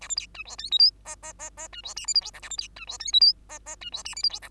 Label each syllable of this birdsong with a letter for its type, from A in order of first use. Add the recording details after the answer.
A B C D E F G H I I I I D E J K L M N A B C D E F G H I I D E J K L M N. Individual Bird2